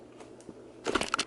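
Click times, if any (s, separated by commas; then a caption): 1.1 s. A detachable section of a plastic Onson cordless stick vacuum is unlatched and pulled off. After a quiet start, a burst of short plastic rattles and clacks begins around 0.9 s, with a sharp click at 1.1 s as the section comes free. The section is released.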